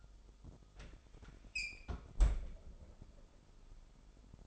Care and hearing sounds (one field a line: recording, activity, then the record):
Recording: daily activity, microphone in the room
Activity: close fridge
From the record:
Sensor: 5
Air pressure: 988.5 hPa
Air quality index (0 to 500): 220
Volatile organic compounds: 127 ppm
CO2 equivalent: 3910 ppm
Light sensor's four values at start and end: 42/126/49/53 and 41/126/49/53